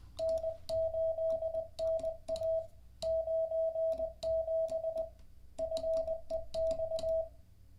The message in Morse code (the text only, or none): N8NA 97 FEX